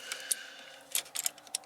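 A plastic quick connector on the fuel line is being handled at the fuel tap fitting during an Espar S2 D2L diesel heater install in a 2019 Sprinter van. Short sharp ticks sound at about 0.3, 1.0, 1.2, 1.3 and 1.6 seconds over a quiet background. Nothing has seated or clicked yet; the connector has not gone home by the end.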